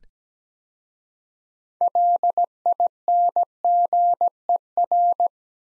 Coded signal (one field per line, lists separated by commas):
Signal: Morse code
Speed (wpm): 17 wpm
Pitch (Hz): 700 Hz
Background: none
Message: LINGER